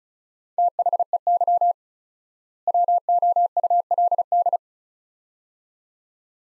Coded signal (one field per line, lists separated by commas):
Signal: Morse code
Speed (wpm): 36 wpm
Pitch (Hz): 700 Hz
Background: none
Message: THEY WOULD